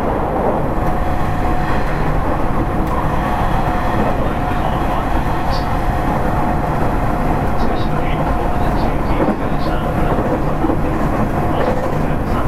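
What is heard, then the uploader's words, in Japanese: Running noise from a Nishitetsu 3000 series train: a steady, dense low rumble and roar that holds constant throughout. A faint thin tone hums underneath, and small brief squeaks or clicks appear now and then, mostly in the second half. 西鉄3000系 急行 久留米から二日市まで。西日本鉄道 3000系電車の走行音です。大牟田線の急行列車で録音しました。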